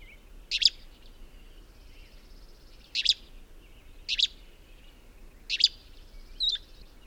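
Bird song in four crisp, high chirps at uneven gaps, ending with a short thin whistled note over faint hiss.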